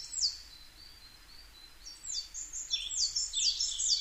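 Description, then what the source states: Coal tit singing bright, high, sweeping two-part notes repeated rapidly in the second half, after a quieter stretch of lower repeated notes. Recorded 22 May 2010 at 17:33.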